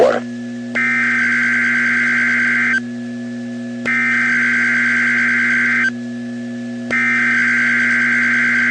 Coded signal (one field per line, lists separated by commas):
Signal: Emergency Alert System (SAME) tones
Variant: header bursts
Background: speech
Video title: Tornado Watch (EAS #427)